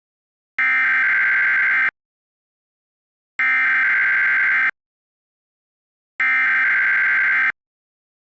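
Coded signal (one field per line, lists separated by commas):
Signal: Emergency Alert System (SAME) tones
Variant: header bursts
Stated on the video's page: Fictional, not a real EAS broadcast; made for entertainment, and the tones may or may not be valid.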